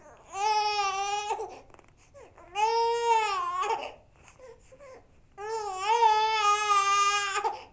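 Three loud, high-pitched baby crying bursts, the first two about one second each and the last over two seconds, separated by quiet gaps with soft whimpering breaths. The wails are clear and tonal with a wavering, rising-falling melody, typical of an infant cry.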